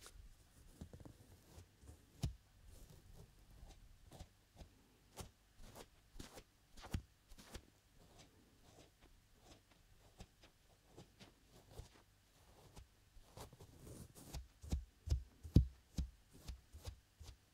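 Ear cupping and ear massage with lotion: a steady run of soft rubbing and cupping strokes, each a short crisp tap or swish, coming a couple of times per second. Low muffled thumps sit underneath, and the strokes grow denser and louder after about fourteen seconds.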